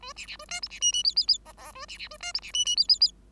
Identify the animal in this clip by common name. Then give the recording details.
Bengalese Finch. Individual Bird5